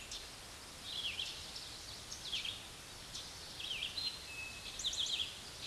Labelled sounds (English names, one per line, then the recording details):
Eastern Towhee song
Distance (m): 20 m
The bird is about 10 m above the microphone
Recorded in a Pennsylvania forest on 16 May 2024 at 06:45
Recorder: AudioMoth, point MSD-2258
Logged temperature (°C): 15.2 °C
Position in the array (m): 160 m, 98 m